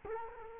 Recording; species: mosquito wingbeat signal from an infrared sensor; Culex quinquefasciatus